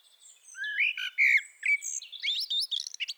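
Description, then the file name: Common blackbird song phrase: a smooth, flute-like warble of a few rounded notes, followed at once by a rapid, squeaky high-pitched twitter. "Turdus merula"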